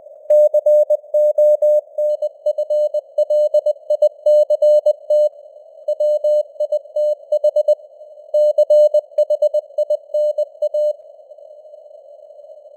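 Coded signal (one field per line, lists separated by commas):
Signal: Morse code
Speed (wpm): 20 wpm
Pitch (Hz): 600 Hz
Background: none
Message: CONFLICT WITH CHINA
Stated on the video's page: News headlines at 20 wpm with simulated radio noise and varying signal strength (QSB).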